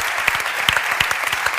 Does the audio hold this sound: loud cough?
no